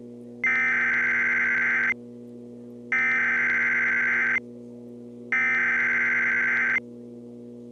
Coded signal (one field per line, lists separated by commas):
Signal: Emergency Alert System (SAME) tones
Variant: header bursts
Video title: EAS Scenario: Time is Ticking